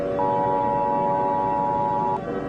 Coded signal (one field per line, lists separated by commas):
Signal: Emergency Alert System (SAME) tones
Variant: 853 and 960 Hz attention tone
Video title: EAS Short Scenario 14 - Black Plague